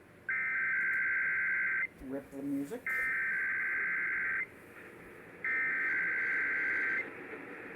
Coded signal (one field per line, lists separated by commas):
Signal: Emergency Alert System (SAME) tones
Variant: header bursts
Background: speech